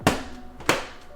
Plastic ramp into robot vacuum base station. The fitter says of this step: we're going to take this little ramp here place it right here just like so locks into place